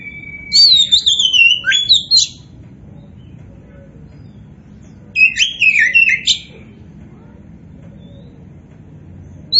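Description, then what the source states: Oriental magpie-robin song: two sweet, warbled whistled phrases separated by a quiet pause, with a faint background hum. Indonesian name kacer poci; described as gacor, meaning singing vigorously and continuously.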